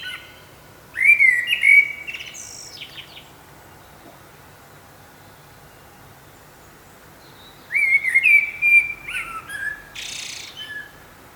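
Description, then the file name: Common blackbird song in two bursts roughly six seconds apart, each a fluty warble ending in scratchy high notes. "Turdus merula"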